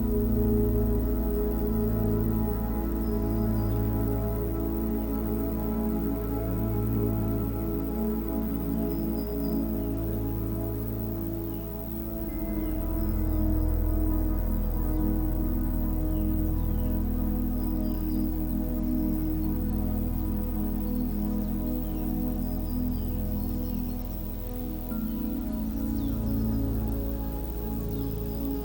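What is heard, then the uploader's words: Soft, sustained music of low droning chords and warm pads, steady and unhurried, shifting to a new chord around twelve seconds. Tonights soundtrack blends soft, soothing music with the sound of a summer breeze. Relaxing Music with Gentle Wind.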